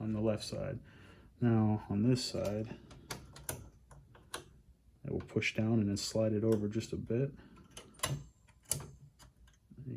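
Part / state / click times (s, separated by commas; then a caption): heatsink retaining clip hooking onto the CPU mount in a desktop Mac / seated / 8.7 s. On a 400 MHz G4 Power Macintosh, after the CPU has been re-pasted, the heatsink retaining clip is hooked under its hooks on the CPU mount, pushed down and slid over slightly while someone talks. Light clicks and taps come through between the talk, and the clip's hooks catch with a sharp click at 8.7 s, leaving the heatsink seated and secure.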